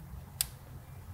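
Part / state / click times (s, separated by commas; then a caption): wiring harness plug onto oil pressure switch / seated / 0.4 s. A wiring harness plug is pushed onto an engine's oil pressure switch during reassembly. A single sharp, short click at 0.4 s stands out over a low background hum, with a faint tick near 1.1 s. The connector is confirmed seated.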